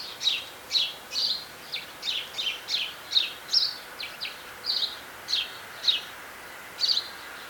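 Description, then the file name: House sparrow calls: a series of separate bright chirps, some doubled, with short pauses between them. "Passer domesticus"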